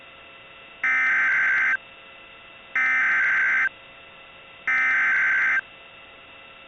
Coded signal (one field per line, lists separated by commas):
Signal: Emergency Alert System (SAME) tones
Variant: header bursts